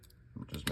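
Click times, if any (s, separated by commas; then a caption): 0.7 s. A syringe tip is pushed onto a rebuilt dental air/water syringe head, with a few small handling sounds first and then a short, sharp click at 0.7 s as it seats all the way and locks in place. The syringe is then judged good to use again.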